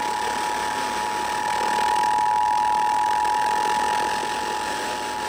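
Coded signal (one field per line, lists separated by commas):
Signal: Emergency Alert System (SAME) tones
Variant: 853 and 960 Hz attention tone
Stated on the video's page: Severe Thunderstorm Warning alert aired on a broadcast station.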